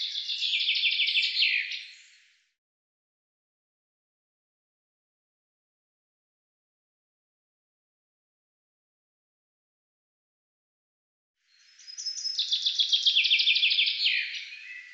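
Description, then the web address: Bird song heard twice, separated by long silence: each burst a rapid run of high chirping notes sliding down into a trill. "Deverinetal 2025 File cleaned normalized Bird Fr Co"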